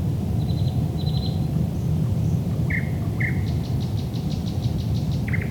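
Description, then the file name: Thrush nightingale song: short high clicking trills, a pair of loud down-slurred notes, then a quick series of sharp high ticks, with constant low rumbling noise underneath. Recorded at Lohne in 2010. "sprosserlohne"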